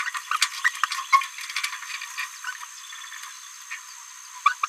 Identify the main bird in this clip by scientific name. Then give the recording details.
Forpus passerinus. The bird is a female. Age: 27 days. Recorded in a nest box in Venezuela. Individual 17B73B3